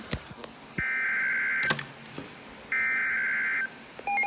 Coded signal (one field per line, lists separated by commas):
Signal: Emergency Alert System (SAME) tones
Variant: header bursts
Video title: Mount Holly Flood Warning (EAS #129)